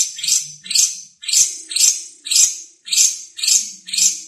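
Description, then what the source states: Lovebird calling in sharp, shrill bursts repeated about twice a second, eight harsh notes in a steady series. Lovebird singing in the konslet style.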